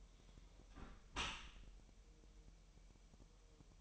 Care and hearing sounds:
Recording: daily activity, microphone in the room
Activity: close dishwasher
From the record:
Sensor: 1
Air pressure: 1000.7 hPa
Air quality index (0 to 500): 247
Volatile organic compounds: 143 ppm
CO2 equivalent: 3990 ppm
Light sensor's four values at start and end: 11/28/11/12 and 11/28/11/12

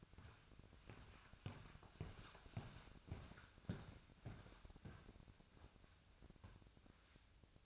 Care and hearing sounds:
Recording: daily activity, microphone in the room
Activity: walk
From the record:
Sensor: 2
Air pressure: 1001.5 hPa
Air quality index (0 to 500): 228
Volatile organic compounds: 26 ppm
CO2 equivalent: 2866 ppm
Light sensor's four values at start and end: 9/29/11/11 and 9/29/11/11

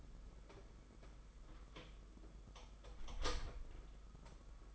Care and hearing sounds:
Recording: daily activity, microphone in the room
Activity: close door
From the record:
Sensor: 5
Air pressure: 991.7 hPa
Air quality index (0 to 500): 135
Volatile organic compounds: 87 ppm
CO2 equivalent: 3663 ppm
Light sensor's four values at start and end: 35/114/43/46 and 35/114/43/46

